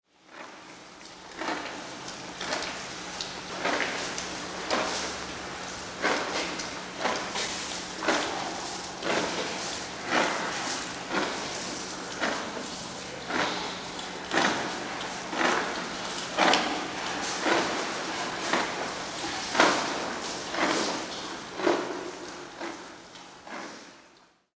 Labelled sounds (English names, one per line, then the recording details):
Black Rhinoceros
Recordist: Tembrock, Günter
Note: Weibchen beim Fressen